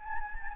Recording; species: mosquito wingbeat signal from an infrared sensor; Anopheles gambiae